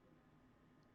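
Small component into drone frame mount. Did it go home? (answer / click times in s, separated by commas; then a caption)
no / none. A small component is handled and pushed toward its mount on an FPV drone frame during the build, heard as a steady low handling rustle with no sharp hit. Nothing has seated or clicked into the mount yet.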